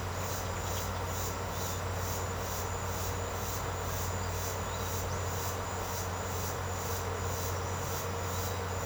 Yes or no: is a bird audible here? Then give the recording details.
no. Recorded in secondary vegetation near Puerto Asís, Putumayo, Colombia, on 21 March 2025 at 08:30. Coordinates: 0.468, -76.324. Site G059